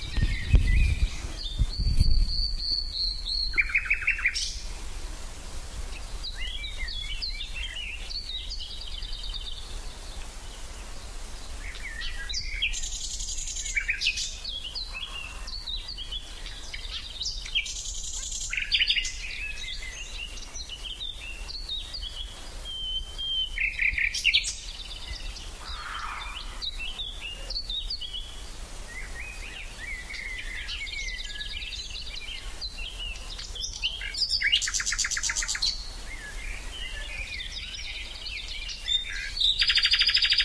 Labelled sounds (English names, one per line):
Common Nightingale song